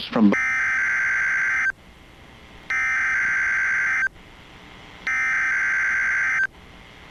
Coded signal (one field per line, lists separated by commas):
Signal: Emergency Alert System (SAME) tones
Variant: header bursts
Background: speech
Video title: Rest Easy, @ZakiTokitoFan - EAS Tests of 12/6/23 (New EAS 263-266)